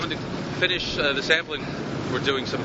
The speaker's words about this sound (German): Während die Seal Mara durch leichte Wellen an der dünn besiedelten bergigen Küste entlang schippert